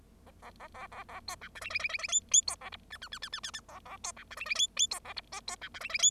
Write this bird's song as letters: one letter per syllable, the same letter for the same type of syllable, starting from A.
A A A A A A B C D E E E E E F F B A G H H H H H H H A A B C D E E F F B A G I B C D E E F